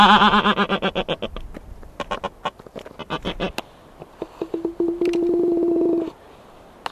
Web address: black-browed albatross